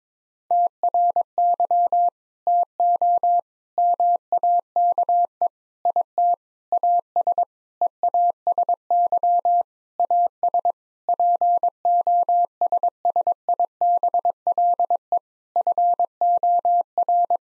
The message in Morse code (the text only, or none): TRY TO MAKE IT AS EASY AS POSSIBLE FOR